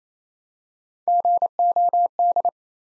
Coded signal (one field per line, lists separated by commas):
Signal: Morse code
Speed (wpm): 28 wpm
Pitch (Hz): 700 Hz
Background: none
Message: GOD